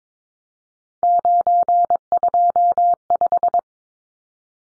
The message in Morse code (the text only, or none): 925